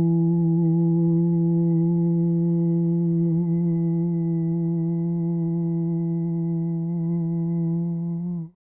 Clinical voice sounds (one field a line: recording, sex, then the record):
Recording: sustained vowel /u/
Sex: male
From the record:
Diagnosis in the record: Parkinson's disease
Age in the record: 77 years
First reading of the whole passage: 65 s, 8.0 characters per second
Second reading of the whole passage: 61 s, 8.5 characters per second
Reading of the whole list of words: 50 s, 5.6 characters per second